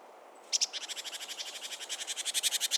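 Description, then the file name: Great tit scolding churr: one continuous rasping rattle of evenly spaced pulses, about ten per second, starting abruptly and growing slightly louder toward the end. "Parus major"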